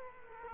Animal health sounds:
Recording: mosquito wingbeat signal from an infrared sensor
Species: Culex quinquefasciatus

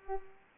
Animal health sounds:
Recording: mosquito wingbeat signal from an infrared sensor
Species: Culex pipiens

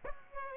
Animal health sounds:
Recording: mosquito wingbeat signal from an infrared sensor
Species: Aedes aegypti

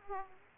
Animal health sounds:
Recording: mosquito wingbeat signal from an infrared sensor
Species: Aedes aegypti

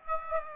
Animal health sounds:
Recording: mosquito wingbeat signal from an infrared sensor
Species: Aedes aegypti

